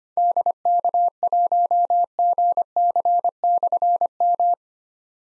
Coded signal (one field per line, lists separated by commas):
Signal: Morse code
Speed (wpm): 25 wpm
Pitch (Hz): 700 Hz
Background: none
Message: DK1GC/M